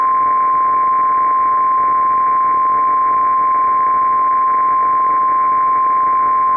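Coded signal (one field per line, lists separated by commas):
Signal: Emergency Alert System (SAME) tones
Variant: 1050 Hz attention tone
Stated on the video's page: Fictional EAS scenario depicting a disaster.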